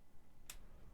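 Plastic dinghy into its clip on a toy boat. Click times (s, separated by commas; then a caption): 0.5 s. A plastic toy dinghy is angled in, pushed gently and lifted until it snaps into its clip on a toy boat. A single sharp, bright click is heard at 0.5 s over a low background rumble, and the dinghy is seated in its holder.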